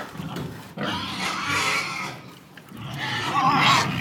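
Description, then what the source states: Pigs squealing in long, harsh cries, two loud bouts separated by a brief lull, with low grunting underneath. Piglets.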